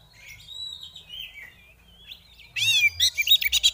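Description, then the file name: Oriental magpie-robin chattering calls: soft thin whistles at first, then a loud run of harsh, rapid, buzzy chirps in the last second or so, with a low hum beneath. Female bird; 'ngeriwik ngeplong' calling style; audio for bird therapy. "Terapi Suara Burung Kacer Betina Ngeriwik Ngeplong"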